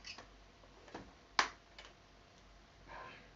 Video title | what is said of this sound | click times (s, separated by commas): Fitting Train Tech Tail Lamp to Bachmann Mk1 BG | fine click yeah that's a satisfying click now | 1.4 s